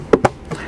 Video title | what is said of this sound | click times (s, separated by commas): Interior Removal & Detail Ford F350 F250 F450 Part 2/3 | and it'll click into place | 0.1 s, 0.2 s